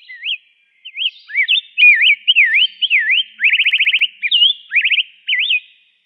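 Rose-breasted grosbeak song: a brisk run of rich whistled notes swooping up and down, broken twice by quick rattling trills.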